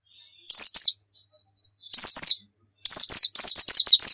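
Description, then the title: White-eye song: high wavering whistled phrases. Two short bursts are separated by pauses, then a longer run of repeated slurred notes. Muria-type white-eye (pleci Muria) singing actively (gacor); Indonesian masteran recording used to train caged songbirds to sing. "nightingale masteran. Pleci Muria Gacor"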